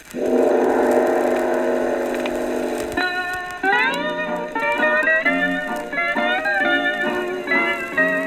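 A loud, sustained foghorn blast with a rich low drone, then shifting into higher, wavering horn tones that bend and overlap for several seconds, with no voices.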